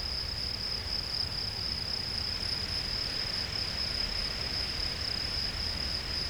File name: Gryllus campestris